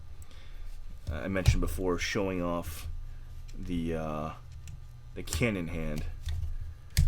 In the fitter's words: that just pops into place there oops the